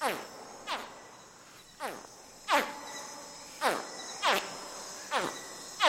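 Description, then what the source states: Crocodilian hatchling calls: several short, sharp, downward-sweeping chirps repeated irregularly, over a steady faint hiss. Calls of very young, just-hatched crocodilians, probably yacare caiman; species uncertain because these calls are alike across species; the calls form a graded repertoire.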